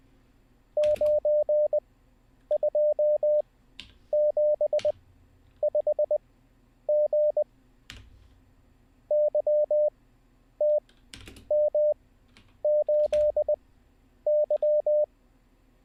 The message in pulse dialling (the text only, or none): none